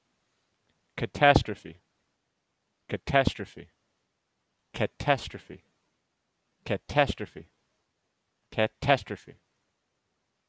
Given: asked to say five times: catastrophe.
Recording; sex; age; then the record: repeated word; male; 30 to 39 years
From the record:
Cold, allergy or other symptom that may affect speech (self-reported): no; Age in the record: 33 years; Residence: United States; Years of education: 16